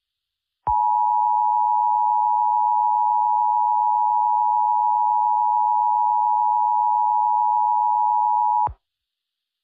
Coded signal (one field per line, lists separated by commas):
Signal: Emergency Alert System (SAME) tones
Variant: 853 and 960 Hz attention tone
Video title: (BIRTHDAY SPECIAL) Akame's Bloody Rampage (Akame ga Kill EAS Scenario)